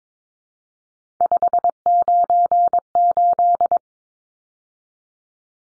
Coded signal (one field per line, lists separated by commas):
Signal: Morse code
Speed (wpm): 22 wpm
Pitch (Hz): 700 Hz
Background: none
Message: 598